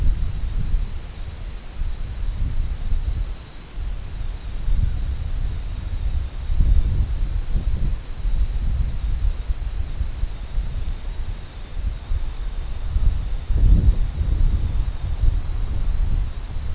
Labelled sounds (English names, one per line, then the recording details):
none
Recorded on Arctic tundra, site CORI-1, on 21 June 2018
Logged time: 00:00